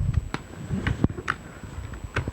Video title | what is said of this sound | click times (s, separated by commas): HJC RPHA 10+ Helmet Review by Two Wheel Centre | To fit the visor back on, simply line up the posts, pop into place here, | 1.3 s